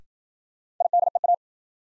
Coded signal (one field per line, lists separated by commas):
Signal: Morse code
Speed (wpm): 53 wpm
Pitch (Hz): 700 Hz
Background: none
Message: IDEA